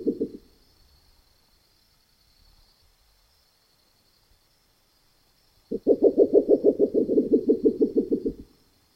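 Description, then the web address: Spectacled owl call, a deep pulsing run of quick hoots; a short fragment opens, then a longer series near the end, with a thin constant high tone behind. In the Neotropics. "neotropicheskaya ochkovaya sova"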